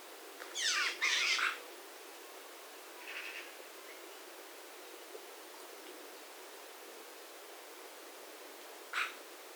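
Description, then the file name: Eurasian magpie giving a harsh, rattling chatter of two quick bursts near the start, then a fainter short rasp and one more brief harsh note near the end. "Pica pica"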